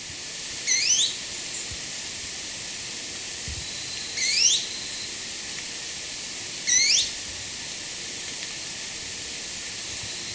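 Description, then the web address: Jet manakin calling: three quick, rising, slurred whistles, each given about every three seconds, over constant high hiss. Recorded in Ecuador. "Birds of Ecuador. Jet Manakin"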